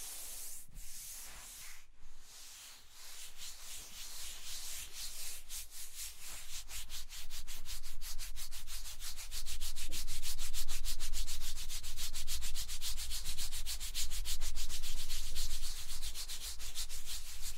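Scratching and tracing strokes rasp across a surface, starting loose and uneven, then settling into fast, regular back-and-forth rubbing from about the seventh second. The strokes grow louder and denser toward the end, bright and hissy, over a steady low rumble.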